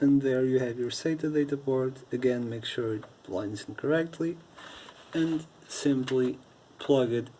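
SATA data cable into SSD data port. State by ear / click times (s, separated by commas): not seated / none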